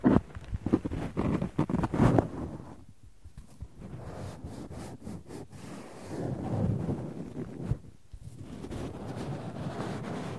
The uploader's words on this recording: ASMR No Talking Extreme Cotton and Tweezers Tingles!